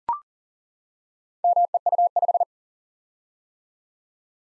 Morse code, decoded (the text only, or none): MEU5